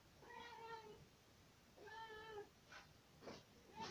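A cat meows twice in long, drawn-out, tonal cries, then gives a few shorter, clipped meows in quick succession. The calls are fairly soft, with no talking.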